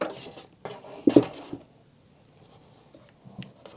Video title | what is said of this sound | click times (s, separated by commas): The Bambu X1 Carbon 3D Printer Setup & Initial Tests | that and it locks in place oops popped right out again | 1.1 s